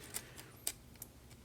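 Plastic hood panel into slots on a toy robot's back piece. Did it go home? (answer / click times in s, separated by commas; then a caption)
no / none. A plastic hood panel of a transforming toy car robot is pressed toward the slots between the wheels and the back piece. Short, light plastic knocks and taps are heard, the sharpest around 0.7 s. The panel does not go in, and nothing has snapped into place yet.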